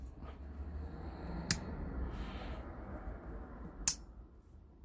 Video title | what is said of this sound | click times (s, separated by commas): Taylors eye witness spear point jack knife | And a good snap on the close. | 3.9 s